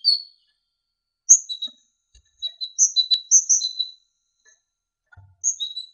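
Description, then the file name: Great tit song of high piping and chirping notes in quick clusters, with a faint low tap or two in the background. Training recording (masteran) for songbirds. "suara masteran great tit"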